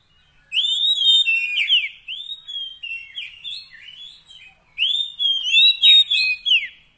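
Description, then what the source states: Oriental magpie-robin singing rich, slurred whistles and rapid chirps, one long phrase fading off, then a loud new phrase starting near the end. Fill-in (isian) training song of long duration, meant to get a kept bird singing vigorously (gacor) day and night.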